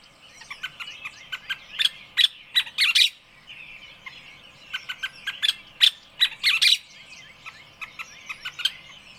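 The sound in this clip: Birdsong of sharp, high chirps in uneven bursts, with a brief lull near three seconds, over constant softer background twittering.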